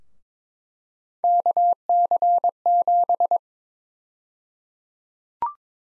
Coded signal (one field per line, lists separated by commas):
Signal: Morse code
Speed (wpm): 22 wpm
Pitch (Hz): 700 Hz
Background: none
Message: KC7